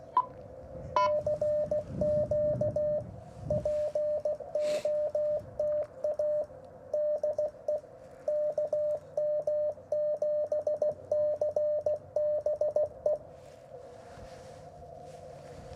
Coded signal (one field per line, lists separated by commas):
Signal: Morse code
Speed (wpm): 16 wpm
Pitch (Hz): 600 Hz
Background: radio noise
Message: CQ POTA DE KM7CBE